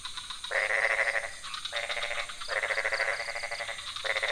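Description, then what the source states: Frogs producing several bursts of fast pulsed croaks separated by short quiet gaps. Several frog species calling at night in a pond near a hotel in Ubud, Bali, Indonesia; recorded with Sony PCM D50, Rode NT4 and Rode boompole.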